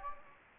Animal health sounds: mosquito wingbeat signal from an infrared sensor; Anopheles gambiae

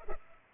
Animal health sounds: mosquito wingbeat signal from an infrared sensor; Culex pipiens

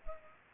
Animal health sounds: mosquito wingbeat signal from an infrared sensor; Culex pipiens

